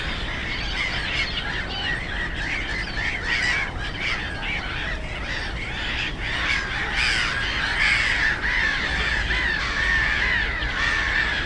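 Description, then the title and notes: Black-headed gulls keep up a constant overlapping chorus of rasping, screechy calls over a low, steady road rumble. Black-headed gulls, loudest of many birds at Żabie Doły (Frog Ponds), a former coal-mining site in Bytom, Poland; nearby DK79 road and railway audible; recorded with Zoom F4 and AT BP4025. "Żabie Doły, Bytom, Polska - Black-headed gulls at Frog Ponds complex. The ponds are now filled with plenty of birds with black-headed gulls being the loudest. Najgłośniejsze okazały się śmieszki"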